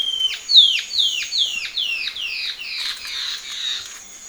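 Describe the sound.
Bird calling in a rapid series of sharp downslurred notes, about two to three a second, starting loud then blurring and fading, with a thin steady high whine throughout.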